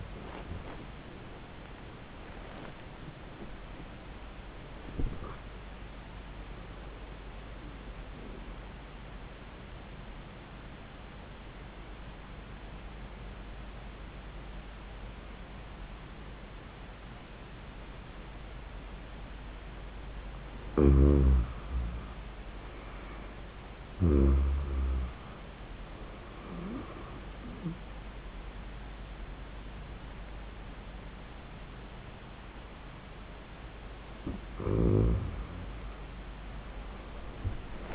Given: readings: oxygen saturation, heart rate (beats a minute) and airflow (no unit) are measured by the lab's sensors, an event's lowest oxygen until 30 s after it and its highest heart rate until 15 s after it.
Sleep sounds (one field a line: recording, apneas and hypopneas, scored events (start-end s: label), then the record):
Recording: breathing in sleep by a voice recorder at the bedside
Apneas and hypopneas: 1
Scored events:
10.00-21.90 s: obstructive apnea (N1, oxygen 98% highest, then 84% lowest, heart rate 88 at the start, 90 highest)
From the record:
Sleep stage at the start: N1 (lightest sleep)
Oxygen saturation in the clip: 85 to 98%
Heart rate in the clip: 83 to 96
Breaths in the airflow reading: 6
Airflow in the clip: -21.2 to 17.7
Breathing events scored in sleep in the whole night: 400 in 8.7 hours asleep